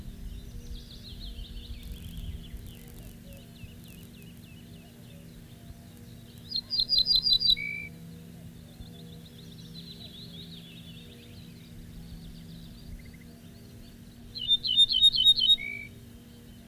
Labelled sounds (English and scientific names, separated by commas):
Ortolan Bunting (Emberiza hortulana) song